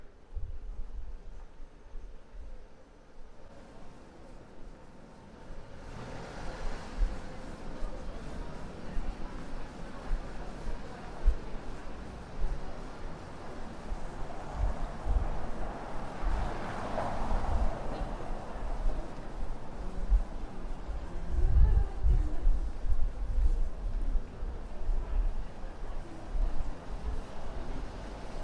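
A walk through Prague from the castle toward Charles Bridge, with a steady murmur of crowd voices and footsteps over a low rumble. The noise thickens from about six seconds, swells with a busy burst of chatter near seventeen seconds, and low thumps land around twenty-one seconds.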